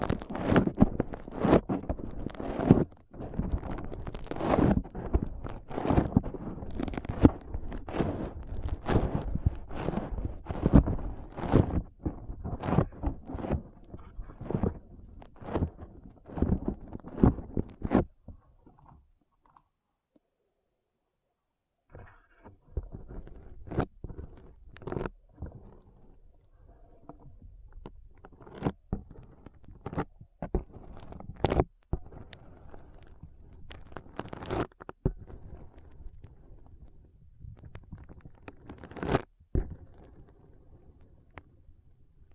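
Foam being squeezed and rubbed in a steady run of crinkly, squishy crackles, dense and fairly loud for the first eighteen seconds. After a short silence the rubbing returns softer and sparser, broken by occasional sharp snaps and pops.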